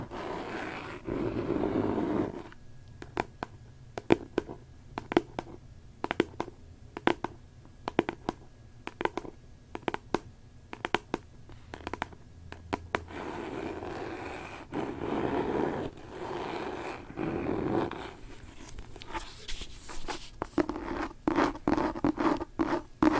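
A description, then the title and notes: Scratching on a book comes in quick, sharp strokes, clustered in bursts between about 2 and 13 seconds and again near 19 to 23 seconds. In between, a softer rubbing hiss fills the gaps, with a steady low rumble underneath throughout. ASMR book scratching.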